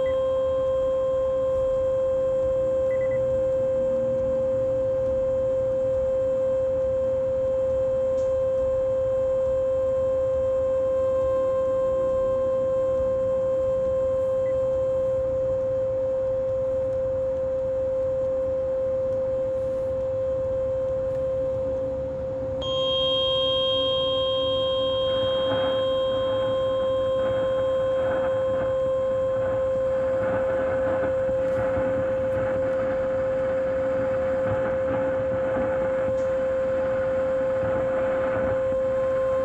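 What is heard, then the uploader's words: Radio frequency interference on 1620 AM: a loud, steady mid-pitched tone with a fainter overtone above it, over a low rumbling hiss. Just after twenty seconds there is a brief dip and a click, then a grainy, crackling buzz fills the upper range through the end. RF Radio Frequency Interference 1620AM.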